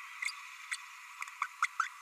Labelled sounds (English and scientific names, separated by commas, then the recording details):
Green-rumped Parrotlet (Forpus passerinus) babbling
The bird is a male
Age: 30 days
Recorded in a nest box in Venezuela
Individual 17B32A6